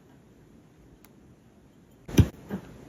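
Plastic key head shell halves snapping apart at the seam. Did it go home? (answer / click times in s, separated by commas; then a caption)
released / 2.2 s. A small flathead screwdriver is wedged into the seam of a plastic ILCO EH3 transponder key head on a table to pry the two shell halves apart. After a faint tick at 1.0 s, the halves snap apart with a sharp click-pop at 2.2 s, followed by a softer scrape around 2.5 s. The seam is released and the shell opens.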